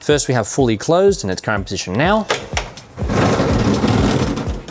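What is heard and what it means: Someone talks while handling a KINETIQ 4x4 manual roller shutter fitted to a BYD Shark 6, and a steady broadband rolling rush follows from about 3.0 s as the shutter moves. The lock ring in the shutter canister has not clicked or engaged yet; nothing has seated.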